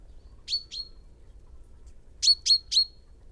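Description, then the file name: Common chaffinch: two sharp high call notes, then a quick run of three louder ones. "Fringilla coelebs"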